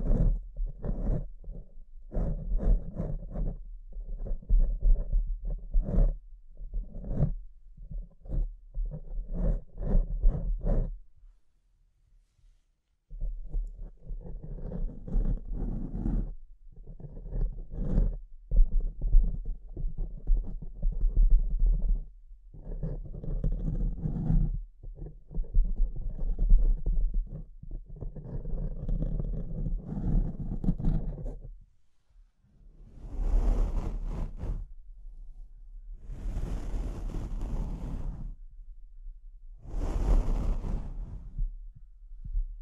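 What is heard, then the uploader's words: Scratching and rubbing on a microphone, in rough bursts with a steady low rumble underneath. Quick repeated strokes fill the first eleven seconds, then a short silence, then longer scraping passages. After about 32 seconds come three broad, hissy brushing sweeps. ASMR Brain Melting Mic Scratching (No Talking).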